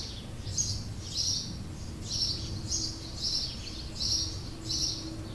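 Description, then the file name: House sparrow giving several bright chirps in a series, with faint low background noise. Recorded in 2008. "Haussperling 2008"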